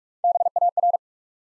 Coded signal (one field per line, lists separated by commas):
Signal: Morse code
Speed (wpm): 44 wpm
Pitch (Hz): 700 Hz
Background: none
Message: B A R